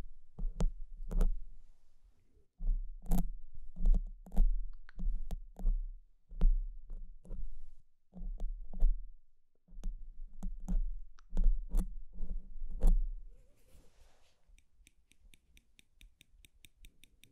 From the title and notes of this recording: BRAIN TINGLES PINCHING SCRATCHING FOR SLEEP and RELAXATION ASMR.